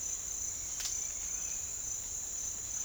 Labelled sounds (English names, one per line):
none